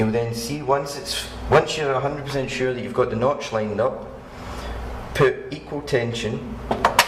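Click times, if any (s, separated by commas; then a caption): 6.7 s, 6.8 s. A RAM module is pressed into a motherboard DIMM slot with equal force on both ends while someone talks, lining up the notch. Two sharp clicks at 6.7 s and 6.9 s mark the plastic retention clips on each side snapping closed, and the module is seated correctly.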